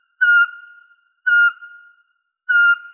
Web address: Glaucidium passerinum